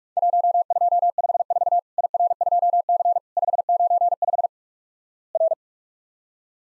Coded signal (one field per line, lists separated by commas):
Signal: Morse code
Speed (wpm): 48 wpm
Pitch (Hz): 700 Hz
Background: none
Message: 1254 IR2C 595 R